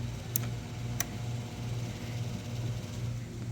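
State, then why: Seated. A magnetic locking catch is dropped into place in the hull of an RC submarine model, giving two sharp clicks at 0.4 s and 1.0 s over a steady low hum. The catch seats and locks so it cannot slide forward or back.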